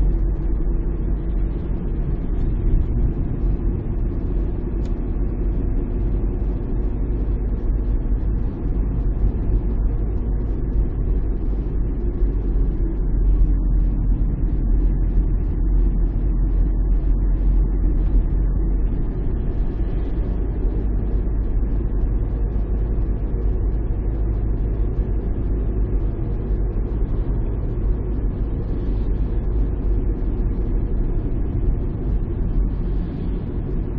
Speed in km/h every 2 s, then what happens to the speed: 36, 37, 38, 39, 38, 36, 34, 33, 35, 37, 39, 40, 39, 39, 37, 37, 36.
0-15 steady at about 36. 15-21 speeds up to 40. 21-34 steady at about 37.